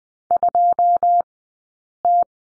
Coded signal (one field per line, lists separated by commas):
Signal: Morse code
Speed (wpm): 20 wpm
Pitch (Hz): 700 Hz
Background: none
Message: 2T